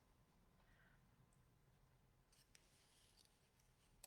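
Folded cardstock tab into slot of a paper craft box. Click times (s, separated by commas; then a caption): 4.0 s. A folded paper or cardstock tab on a paper craft box is curved, wiggled and worked into its slot, with faint papery rustling and scraping building from about 2.3 s and a small tick near 2.6 s. The tab locks into the slot with a sharp click at 4.0 s, seating it.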